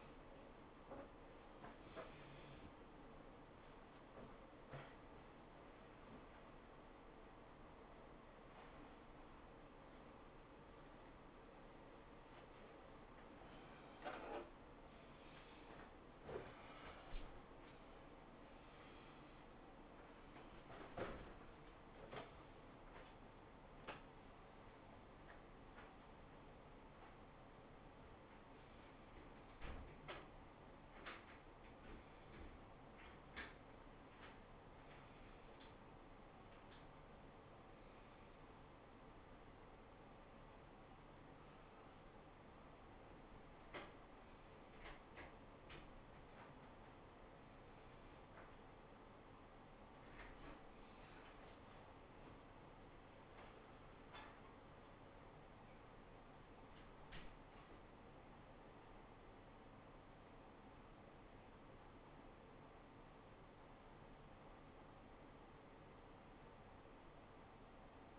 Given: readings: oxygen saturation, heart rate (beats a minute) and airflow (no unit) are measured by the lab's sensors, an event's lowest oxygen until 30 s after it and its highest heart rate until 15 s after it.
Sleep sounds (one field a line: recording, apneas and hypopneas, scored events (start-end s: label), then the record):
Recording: a person awake in a sleep study, by a voice recorder at the bedside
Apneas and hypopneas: none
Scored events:
0.00-68.19 s: awake
From the record:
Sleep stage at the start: awake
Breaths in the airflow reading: 27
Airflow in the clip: -0.8 to 0.8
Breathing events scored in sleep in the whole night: 403 in 5.5 hours asleep